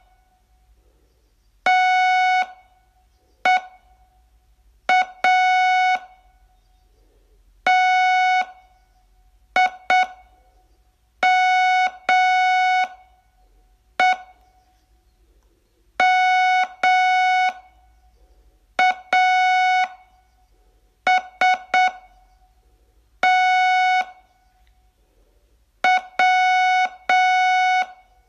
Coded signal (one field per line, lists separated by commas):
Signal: Morse code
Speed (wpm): 7 wpm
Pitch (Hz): 740 Hz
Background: none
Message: TEA TIME MAS TW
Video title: Learn Morse in 42 Days from VU2LAU - day 9